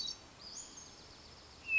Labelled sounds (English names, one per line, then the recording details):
Western Flycatcher
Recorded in Sonoma County, California